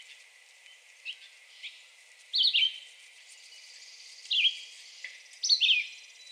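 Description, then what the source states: Red-eyed Vireo singing a few short whistled phrases separated by pauses of about two seconds. Recorded 2020-06-02.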